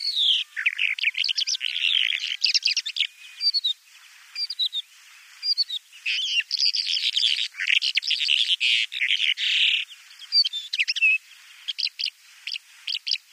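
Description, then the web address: Bimaculated lark giving a rich, rapid warbling song with rattling and whistled phrases, broken by brief gaps and ending in scattered chirps. "Schulze Peter Bimaculated Lark song"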